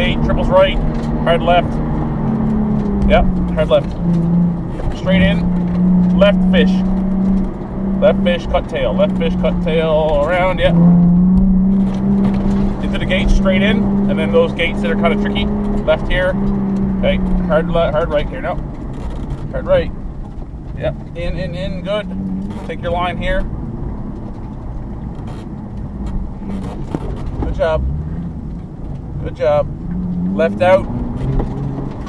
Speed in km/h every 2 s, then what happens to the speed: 66, 57, 49, 54, 52, 49, 53, 58, 52, 30, 21, 25, 30, 23, 10, 7.
0-3 brakes to 49. 3-10 steady at about 49. 10-15 speeds up to 58. 15-20 brakes to 21. 20-24 speeds up to 30. 24-29 brakes to 7.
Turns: 16-21, 26-28.